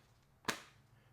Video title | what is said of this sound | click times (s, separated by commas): STILL ONE OF THE BEST?? - Caudabe Sheath for iPhone 16 Pro Max | Very nice click onto this case. | 0.5 s